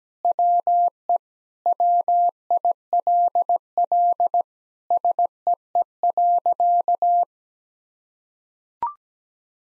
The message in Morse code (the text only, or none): WE WILL SEE.